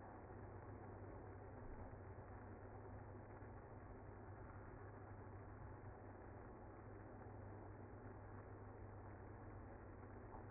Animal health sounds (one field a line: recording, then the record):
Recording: honeybee colony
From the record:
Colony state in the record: active